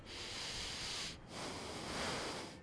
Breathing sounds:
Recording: one breath in and out by a microphone near the nose and mouth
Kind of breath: deep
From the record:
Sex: male

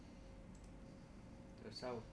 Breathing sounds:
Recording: one breath in and out by a microphone near the nose and mouth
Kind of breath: normal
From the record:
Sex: male

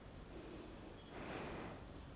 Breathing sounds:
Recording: one breath in and out by a microphone near the nose and mouth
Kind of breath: normal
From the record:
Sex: female

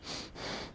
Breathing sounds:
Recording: one breath in and out by a microphone near the nose and mouth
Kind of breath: strong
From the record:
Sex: male

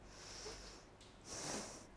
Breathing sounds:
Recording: one breath in and out by a microphone near the nose and mouth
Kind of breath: deep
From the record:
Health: marked as sick, illness not named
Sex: female

